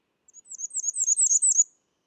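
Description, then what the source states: Bay-breasted Warbler song: a very high, thin series of short hissing notes, rising in loudness over about one and a half seconds, with no other sounds. Named for its prominent reddish-brown features.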